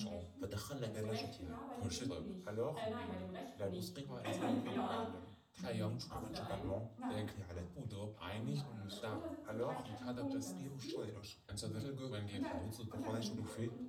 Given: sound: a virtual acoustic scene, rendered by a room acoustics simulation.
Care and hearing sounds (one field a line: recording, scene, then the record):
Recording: noise of the scene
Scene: living room, asymmetric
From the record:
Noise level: 67 dB SPL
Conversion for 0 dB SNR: 5.4 dB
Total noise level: 72.4 dB SPL